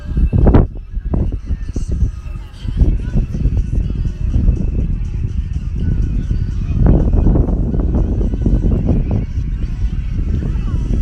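Sea wind blows across a beach in a dense, low, rushing roar that never lets up. Sharp gusty bursts stand out near the start, around two and three seconds, and again near seven seconds, with faint voices mixed into the din.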